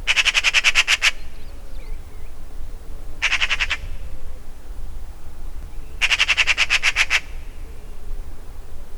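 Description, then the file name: Eurasian magpie making three bursts of rasping, machine-gun-like chatter, the first and last long and the middle one short, with faint low background noise. "Pica pica"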